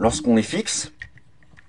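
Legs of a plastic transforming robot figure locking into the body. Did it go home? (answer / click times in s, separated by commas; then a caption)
yes / 1.2 s, 1.6 s. The folded legs of a plastic transforming robot figure, a Transformers Studio Series 86 Optimus Prime, are pushed into the body and lock in place. Someone talks first, then small, sharp clicks come at about 1.2 s and 1.6 s as the leg joints seat.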